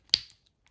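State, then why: Seated. An alternate plastic head for an S.H. Figuarts Full Power Frieza action figure is pushed onto the figure's neck peg ball joint. It seats with one sharp, bright snap at 0.1 s, which rings briefly, followed by a few faint ticks. The snap confirms the head is in place.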